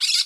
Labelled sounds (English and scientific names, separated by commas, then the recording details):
Brown-throated Parakeet (Eupsittula pertinax) contact call
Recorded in Curacao
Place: Hoffi Jan Thiel
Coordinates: 12.094, -68.877